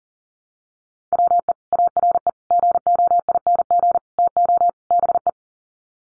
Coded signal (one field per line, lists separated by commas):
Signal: Morse code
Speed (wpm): 40 wpm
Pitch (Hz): 700 Hz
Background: none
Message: WE ARE GOING TO BE